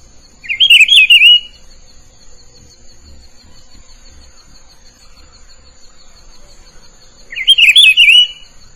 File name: canto do pitiguari